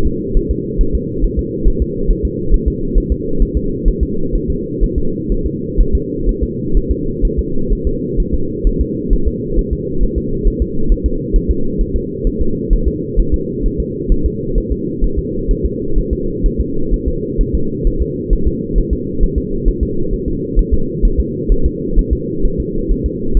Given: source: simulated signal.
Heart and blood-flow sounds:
fetal heart sounds
0.07 s: S2
0.37 s: S1
0.51 s: S2
0.81 s: S1
0.95 s: S2
1.24 s: S1
1.39 s: S2
1.68 s: S1
1.82 s: S2
2.11 s: S1
2.25 s: S2
2.54 s: S1
2.68 s: S2
2.98 s: S1
3.12 s: S2
3.42 s: S1
3.57 s: S2
3.88 s: S1
4.03 s: S2
4.36 s: S1
4.50 s: S2
4.84 s: S1
4.98 s: S2
5.32 s: S1
5.46 s: S2
5.81 s: S1
5.95 s: S2
6.29 s: S1
6.43 s: S2
6.77 s: S1
6.91 s: S2
7.25 s: S1
7.39 s: S2
7.73 s: S1
7.87 s: S2
8.20 s: S1
8.34 s: S2
8.67 s: S1
8.81 s: S2
9.13 s: S1
9.28 s: S2
9.59 s: S1
9.73 s: S2
10.03 s: S1
10.18 s: S2
10.48 s: S1
10.62 s: S2
10.92 s: S1
11.06 s: S2
11.36 s: S1
11.51 s: S2
11.81 s: S1
11.96 s: S2
12.27 s: S1
12.41 s: S2
12.73 s: S1
12.88 s: S2
13.20 s: S1
13.34 s: S2
13.66 s: S1
13.80 s: S2
14.12 s: S1
14.26 s: S2
14.58 s: S1
14.72 s: S2
15.04 s: S1
15.19 s: S2
15.51 s: S1
15.65 s: S2
15.98 s: S1
16.13 s: S2
16.46 s: S1
16.61 s: S2
16.94 s: S1
17.08 s: S2
17.41 s: S1
17.55 s: S2
17.87 s: S1
18.02 s: S2
18.33 s: S1
18.47 s: S2
18.78 s: S1
18.93 s: S2
19.23 s: S1
19.38 s: S2
19.68 s: S1
19.83 s: S2
20.14 s: S1
20.28 s: S2
20.59 s: S1
20.73 s: S2
21.05 s: S1
21.20 s: S2
21.52 s: S1
21.66 s: S2
21.99 s: S1
22.13 s: S2
22.45 s: S1
22.60 s: S2
22.92 s: S1
23.06 s: S2
23.37 s: S1
From the record:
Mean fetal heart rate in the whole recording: 130 bpm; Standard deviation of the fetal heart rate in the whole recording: 4 bpm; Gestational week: 38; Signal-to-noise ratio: -8.1 dB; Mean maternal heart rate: 72 bpm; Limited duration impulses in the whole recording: absent

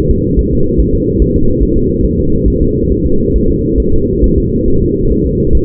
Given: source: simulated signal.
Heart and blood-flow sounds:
fetal heart sounds
0.11 s: S2
0.39 s: S1
0.53 s: S2
0.80 s: S1
0.95 s: S2
1.22 s: S1
1.36 s: S2
1.63 s: S1
1.77 s: S2
2.05 s: S1
2.19 s: S2
2.48 s: S1
2.62 s: S2
2.92 s: S1
3.06 s: S2
3.36 s: S1
3.50 s: S2
3.80 s: S1
3.94 s: S2
4.24 s: S1
4.38 s: S2
4.68 s: S1
4.82 s: S2
5.12 s: S1
5.26 s: S2
5.55 s: S1
From the record:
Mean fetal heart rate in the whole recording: 140 bpm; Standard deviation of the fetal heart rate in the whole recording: 2 bpm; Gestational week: 34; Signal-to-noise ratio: -16.4 dB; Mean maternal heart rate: 72 bpm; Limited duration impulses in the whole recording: present

